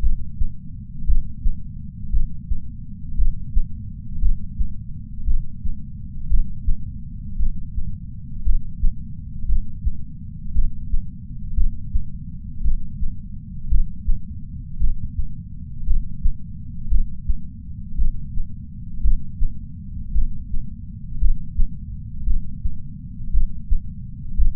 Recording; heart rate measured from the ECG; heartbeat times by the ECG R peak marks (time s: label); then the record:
heart sounds by patch sensor on the chest; 57 bpm
0.01 s: heartbeat
1.06 s: heartbeat
2.11 s: heartbeat
3.16 s: heartbeat
4.20 s: heartbeat
5.25 s: heartbeat
6.28 s: heartbeat
7.37 s: heartbeat
8.44 s: heartbeat
9.47 s: heartbeat
10.53 s: heartbeat
11.55 s: heartbeat
12.62 s: heartbeat
13.69 s: heartbeat
14.78 s: heartbeat
15.85 s: heartbeat
16.89 s: heartbeat
17.96 s: heartbeat
19.02 s: heartbeat
20.13 s: heartbeat
21.19 s: heartbeat
22.25 s: heartbeat
23.31 s: heartbeat
24.36 s: heartbeat
From the record:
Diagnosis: coronary artery disease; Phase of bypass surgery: preoperative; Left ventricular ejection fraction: 63.3%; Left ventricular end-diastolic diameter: 44 mm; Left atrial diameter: 35 mm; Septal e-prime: 7 cm/s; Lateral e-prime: 10.5 cm/s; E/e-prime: 9.8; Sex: female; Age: 68 years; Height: 161 cm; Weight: 66.6 kg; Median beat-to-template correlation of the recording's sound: 0.94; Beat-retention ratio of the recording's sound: 0.99